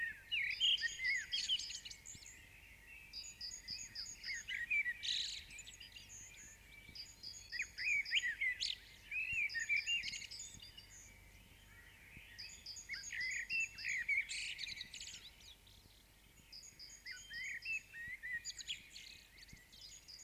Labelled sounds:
Common Blackbird (Turdus merula) song

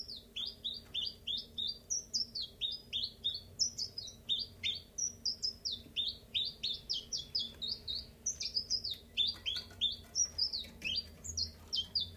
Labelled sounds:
Common Chiffchaff (Phylloscopus collybita)

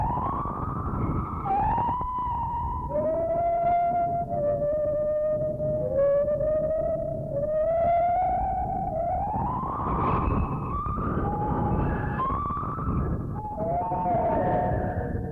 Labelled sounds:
Lar Gibbon (Hylobates lar)

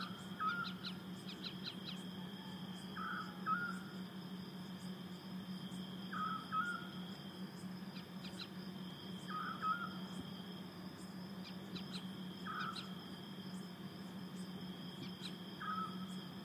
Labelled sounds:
Eurasian Scops Owl (Otus scops)

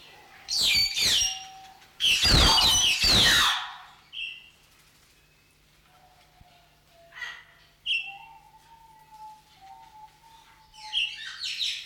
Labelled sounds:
White-headed Buffalo-Weaver (Dinemellia dinemelli)

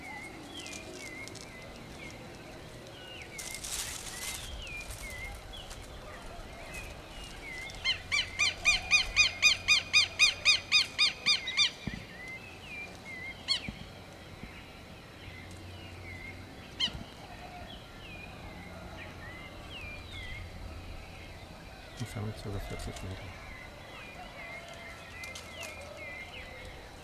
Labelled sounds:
Southern Lapwing (Vanellus chilensis) call

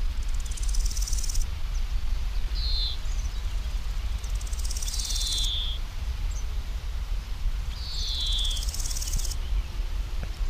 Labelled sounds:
Large Gold Grasshopper (Chrysochraon dispar) stridulation

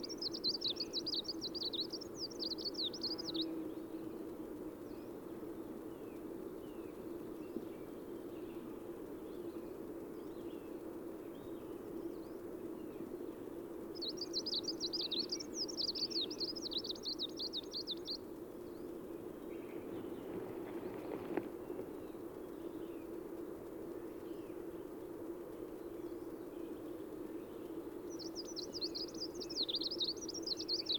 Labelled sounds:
Greenish Warbler (Phylloscopus trochiloides) song

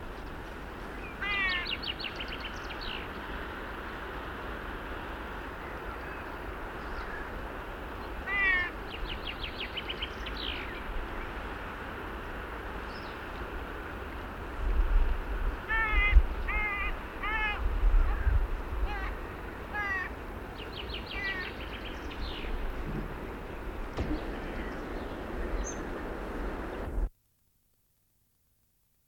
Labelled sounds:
Hooded Crow (Corvus cornix) call

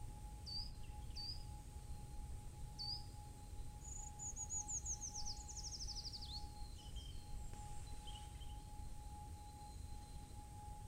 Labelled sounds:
Short-toed Treecreeper (Certhia brachydactyla)

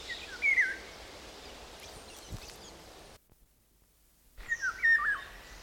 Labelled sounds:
Eurasian Golden Oriole (Oriolus oriolus)

